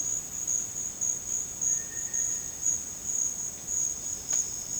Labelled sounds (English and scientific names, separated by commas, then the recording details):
Cinereous Tinamou (Crypturellus cinereus)
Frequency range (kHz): Cinereous Tinamou (Crypturellus cinereus) 1.5-2.1 kHz
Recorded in dense forest near Puerto Asís, Putumayo, Colombia, on 8 March 2025 at 12:00
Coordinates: 0.486, -76.317
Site G053